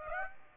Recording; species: mosquito wingbeat signal from an infrared sensor; Aedes aegypti